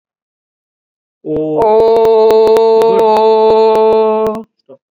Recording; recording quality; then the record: sustained vowel as in boot; moderate, slight background noise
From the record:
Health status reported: COVID-19 positive, no symptoms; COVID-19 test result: positive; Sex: female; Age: 59 years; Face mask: not worn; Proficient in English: no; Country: India